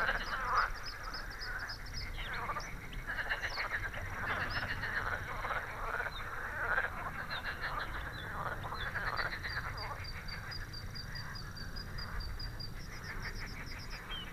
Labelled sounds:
Bluethroat song
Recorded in the wild
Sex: male
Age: adult
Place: Gartz (Oder), Nationalpark Unteres Odertal, Brandenburg, DE
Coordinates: 53.1463, 14.366
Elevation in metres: 1
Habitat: meadow
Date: 2014-05-07 21:35
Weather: cloudy, 18°C, almost windless
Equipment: Sound Devices 702, Sennheiser MKH 70, Rycote Windschutz
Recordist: Frommolt, Karl-Heinz

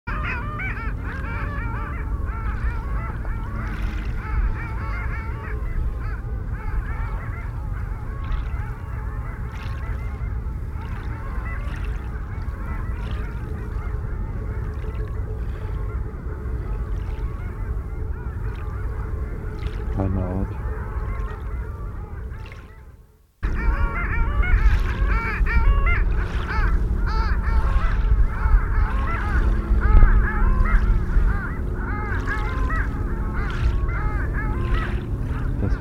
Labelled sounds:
Long-tailed Duck call
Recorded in the wild
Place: Palmer Ort, Zudar, Insel Rügen, Mecklenburg-Vorpommern, DE
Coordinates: 54.269, 13.373
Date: 1971-05-04
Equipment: Nagra III BH, Sennheiser MD 21, parabola
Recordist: Schubert, Michael

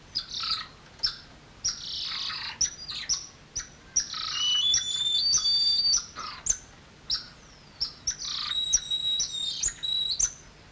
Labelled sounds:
Golden Lion Tamarin call
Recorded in captivity
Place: Zoo Magdeburg, Sachsen-Anhalt, DE
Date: 1995-04-05 10:57
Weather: sonnig, 8°C
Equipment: Sony WM-D6C, Mikro Philips, Kopie Uher 4200 Report Mono
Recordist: Tembrock, Günter

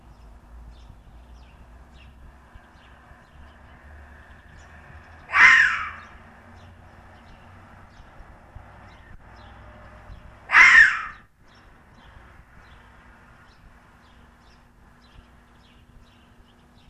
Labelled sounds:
Corsac Fox
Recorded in captivity
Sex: male
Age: adult
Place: Zoologisches Institut der HUB, Berlin, DE
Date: 1969-01-04 11:00
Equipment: Uher 4000 Report Monitor, GDM 121
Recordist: Tembrock, Günter

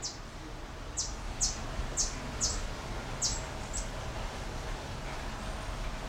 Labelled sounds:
Yellow-crowned Bishop call
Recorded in captivity
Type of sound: call, call sequence
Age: adult
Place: Zoo Berlin, Berlin, DE
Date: 1994-04-16 11:15
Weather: heiter, 7-12°C
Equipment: Marantz CP 430, Sennheiser ME 80, Kopie Uher Variocord 263
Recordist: Tembrock, Günter
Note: Helle Kurzlaute - 2 jagten sich

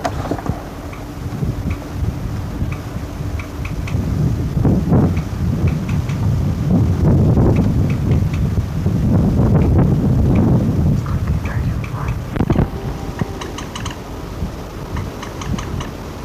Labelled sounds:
Common Moorhen call
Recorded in the wild
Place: Halle, Sachsen-Anhalt, DE
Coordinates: 51.4167, 12
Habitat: lake
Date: 1963-06-16
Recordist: Stiefel, Arnd

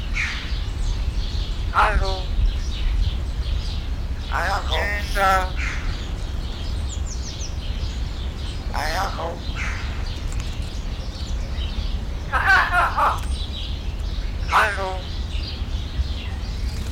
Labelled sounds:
Buff-necked Ibis call
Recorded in captivity
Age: adult
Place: Zoo Berlin, Berlin, DE
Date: 1993-01-30 10:47
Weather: -6° C, sonnig
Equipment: Marantz CP 430, Sennheiser ME 80, Kopie Uher Variocord 263
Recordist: Tembrock, Günter

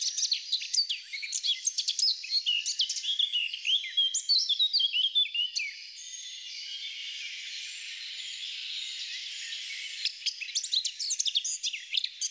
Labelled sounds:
Eurasian Blackcap song
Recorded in the wild
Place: Waltershofen / Freiburg im Breisgau, Baden-Württemberg, DE
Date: 2009-05-17
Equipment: MiniDisc Sharp MT 20 H
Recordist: Schwarz, Dieter

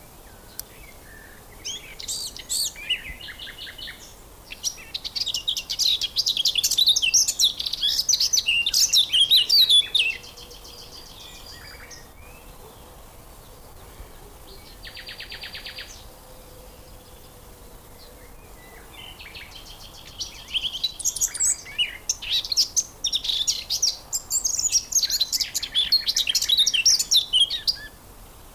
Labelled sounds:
Eurasian Blackcap song
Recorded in the wild
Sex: male
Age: adult
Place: Blankenfelde, Berlin, DE
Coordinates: 52.62, 13.37
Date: 1999-05-02 12:25
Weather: fair, 11 - 15°C
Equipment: Nagra SN, Kopie Uher 4000 Report Monitor
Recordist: Tembrock, Günter

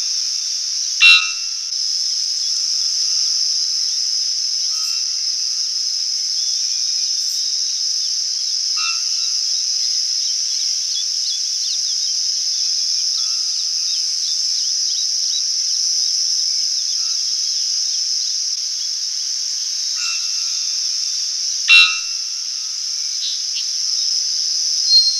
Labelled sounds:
Three-wattled Bellbird song
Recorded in the wild
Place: Monteverde Urwaldreservat, CR
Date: 1992-04-17
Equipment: Dat-Recorder Casio DA 7, Telinga DAT, Telinga-Parabolspiegel
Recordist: Schwarz, Dieter
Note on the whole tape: Song

